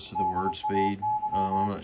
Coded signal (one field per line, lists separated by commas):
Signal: Morse code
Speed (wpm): 25 wpm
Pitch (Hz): 850 Hz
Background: speech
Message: DAY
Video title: MFJ-464 CW Keyer/Reader Decoding issue with Icom-7300 and Decoding of W1AW Freq on 40M